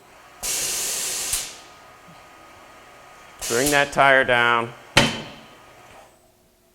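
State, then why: Seated. On a Hunter Engineering TC3900 tire changer, the lower button brings the tire down so the tire bead snaps into place on the wheel rim. A steady hiss runs from about 0.4 to 1.3 s, then someone talks, and a sharp slam-like hit at 5.0 s marks the bead seating on the rim.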